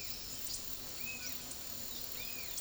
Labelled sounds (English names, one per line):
Yellow-crowned Tyrannulet